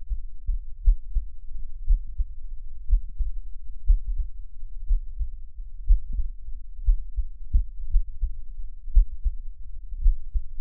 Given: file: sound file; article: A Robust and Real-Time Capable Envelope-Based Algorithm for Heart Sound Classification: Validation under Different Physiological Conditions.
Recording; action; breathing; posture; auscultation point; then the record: heart sounds by electronic stethoscope; rest; normal; lying on left side; Erb’s point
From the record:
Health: healthy, no known heart disease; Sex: male